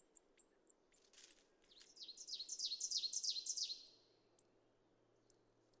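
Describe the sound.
Ovenbird song, a run of high, sharp two-note phrases building steadily louder for about two seconds, with a few scattered chips before and after over a low steady hiss.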